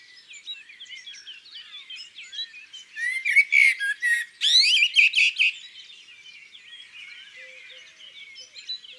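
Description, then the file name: Eurasian magpie chatter: a run of loud, harsh, rasping notes in the middle, surrounded by steady high twittering of other small birds. Recorded in the countryside. "Pie bavarde Chants doiseaux dans la campagne"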